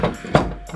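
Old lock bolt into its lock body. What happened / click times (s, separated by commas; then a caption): The old lock bolt clunked shut / 0.4 s. An old traditional lock mechanism on display in a museum is locked, its bolt driven into the lock body. After a softer knock at the start, a sharp click at 0.4 s seats the bolt, and the lock is confirmed shut.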